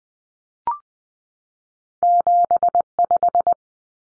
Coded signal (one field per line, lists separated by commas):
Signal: Morse code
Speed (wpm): 20 wpm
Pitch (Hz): 700 Hz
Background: none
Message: 75